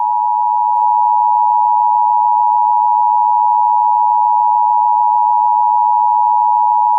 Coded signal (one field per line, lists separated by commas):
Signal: Emergency Alert System (SAME) tones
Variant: 853 and 960 Hz attention tone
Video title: EAS Scenario #7: Light's Rampage pt 1: The Beginning